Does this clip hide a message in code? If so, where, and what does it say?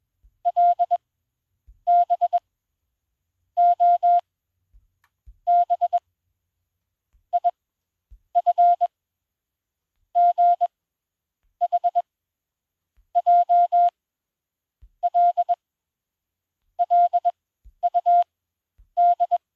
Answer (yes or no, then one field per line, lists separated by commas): yes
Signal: Morse code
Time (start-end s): 0.5-19.4 s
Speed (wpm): 21 wpm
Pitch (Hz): 700 Hz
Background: none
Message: L B O B I F G H J L LUD